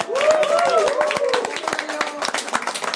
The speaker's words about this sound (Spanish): Y ahorita, en serio, me gustaría, para mí, hacia ustedes, darles un aplauso por acompañarme el día de hoy en este podcast.